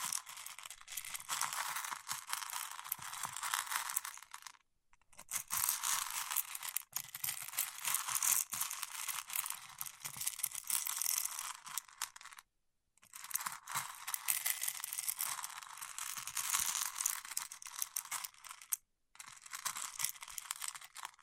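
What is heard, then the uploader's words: Fingertips rub waxy material in dense, crackly scraping bursts, bright and hissy, broken by short silences near 5, 12.5 and 19 seconds. ASMR with Wax Fingertips for Sleep (No Talking).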